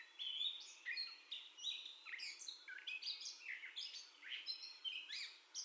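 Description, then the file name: Gray catbird singing quick, jerky phrases of rising and falling squeaks and whistles, strung together without any steady rhythm. First song, recorded 30 May 2021. "2021-05-30 Catbird First Song"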